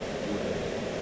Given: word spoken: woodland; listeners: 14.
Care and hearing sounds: one English word in noise, from a listening test; speech-shaped noise; -6.7 dB; 2 of 14; 6 of 14; 0.62 s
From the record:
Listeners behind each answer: 6, 2, 1, 1, 1, 1, 1, 1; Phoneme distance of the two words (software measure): 21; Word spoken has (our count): 2 syllables, 7 phonemes, stress on syllable 1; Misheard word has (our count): 2 syllables, 4 phonemes, stress on syllable 1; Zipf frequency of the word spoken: 4.09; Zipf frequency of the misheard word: 4.29

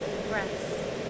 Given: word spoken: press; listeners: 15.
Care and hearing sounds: one English word in noise, from a listening test; speech-shaped noise; -5.2 dB; 0 of 15; 7 of 15; 0.70 s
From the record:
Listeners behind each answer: 7, 3, 1, 1, 1, 1, 1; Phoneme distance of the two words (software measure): 17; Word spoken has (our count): 1 syllable, 4 phonemes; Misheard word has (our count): 1 syllable, 5 phonemes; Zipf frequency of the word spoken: 4.89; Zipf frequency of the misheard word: 4.19

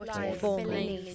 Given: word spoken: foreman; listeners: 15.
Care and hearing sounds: one English word in noise, from a listening test; four-talker babble; 0.4 dB; 0 of 15; 7 of 15; 0.75 s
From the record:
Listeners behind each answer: 7, 2, 1, 1, 1, 1, 1, 1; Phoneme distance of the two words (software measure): 14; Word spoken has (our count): 2 syllables, 5 phonemes, stress on syllable 1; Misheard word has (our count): 1 syllable, 3 phonemes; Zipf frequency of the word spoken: 3.25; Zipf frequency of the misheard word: 5.08

